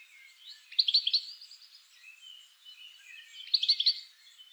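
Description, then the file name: European goldfinch twittering in two short bursts of sharp, liquid notes, separated by softer chatter. "Carduelis carduelis"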